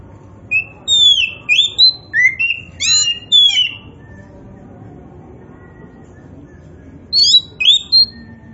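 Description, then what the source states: Oriental magpie-robin giving a string of clear, melodious whistles that slide up and down, a pause, then another short phrase of bright whistles. Indonesian name kacer poci; described as gacor.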